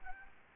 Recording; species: mosquito wingbeat signal from an infrared sensor; Aedes aegypti